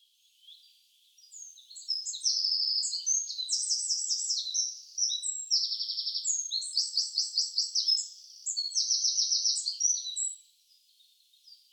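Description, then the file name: Eurasian wren song, a rapid outpouring of high trills and twittering notes, with fast rattling runs between brief whistled notes. "Troglodytes troglodytes"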